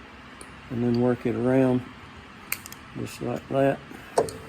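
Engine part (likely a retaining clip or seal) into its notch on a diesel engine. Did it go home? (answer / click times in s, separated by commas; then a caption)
no / none. A part is hooked into a notch on a 7.3 diesel engine, pulled to one side to get it started, and worked around by hand while someone talks. Brief sharp ticks and rattles sound around 2.5 s and 4.2 s. Nothing has seated or clicked yet.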